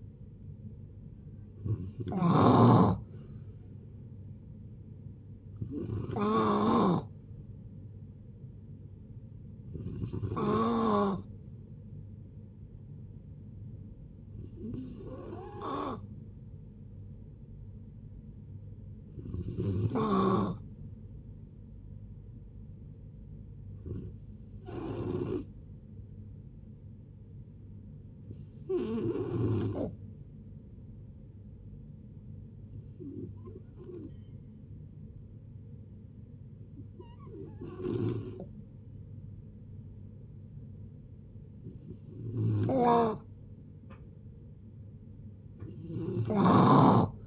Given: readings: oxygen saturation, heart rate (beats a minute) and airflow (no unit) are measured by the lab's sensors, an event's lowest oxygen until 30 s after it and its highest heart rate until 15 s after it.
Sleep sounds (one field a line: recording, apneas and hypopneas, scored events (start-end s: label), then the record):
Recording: a person awake in a sleep study, by a smartphone at the bedside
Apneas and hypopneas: none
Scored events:
0.00-47.27 s: awake
0.00-47.27 s: awake
From the record:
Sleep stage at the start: awake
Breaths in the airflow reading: 19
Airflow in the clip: -0.7 to 0.7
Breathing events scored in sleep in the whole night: 496 in 5.4 hours asleep